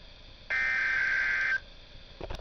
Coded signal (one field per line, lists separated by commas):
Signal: Emergency Alert System (SAME) tones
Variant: header bursts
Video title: Real NOAA Weather Radio EAS Test #2